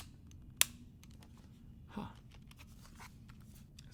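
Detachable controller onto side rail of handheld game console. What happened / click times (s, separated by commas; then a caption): The controller snapped onto its side rail and locked / 0.6 s. The second Joy-Con controller is slid onto the opposite plastic rail of a Nintendo Switch handheld console and locks with a sharp click at 0.6 s. A soft rustle follows around 2.0 s, and the controller is seated with both Joy-Cons now connected.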